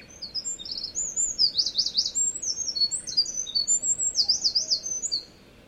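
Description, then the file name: Eurasian wren song: a loud, rapid, high-pitched cascade of trills and sharp twittering notes, with buzzy rattling bursts, running about five seconds before stopping abruptly. "misosazai"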